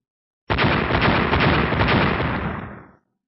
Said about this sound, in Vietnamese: Liên tục vang tiếng nổ kinh thiên động địa, tiếng va chạm giống như Tu La, là tiếng nổ bị ngăn cản khi thử bước vào 30 thiên. Thanh âm kéo dài 15 phút sau thì tan biến.